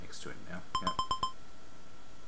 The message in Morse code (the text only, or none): none